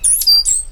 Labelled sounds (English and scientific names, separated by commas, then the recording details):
Stitchbird (Notiomystis cincta) song
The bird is a male
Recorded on Tiritiri Matangi Island, New Zealand, in 2005
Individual 8, of nest box 10